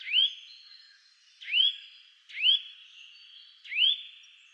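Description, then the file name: Eurasian nuthatch giving four upward-sweeping whistled calls, each rising quickly then holding steady, spaced roughly a second apart in quiet surroundings. "Sitta europaea"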